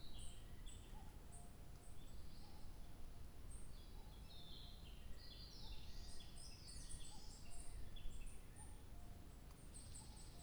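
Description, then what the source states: Bird song of scattered high chirps and short warbled phrases, faint low whistles underneath and constant low background noise. 2 July 2023.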